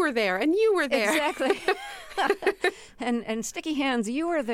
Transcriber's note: laughter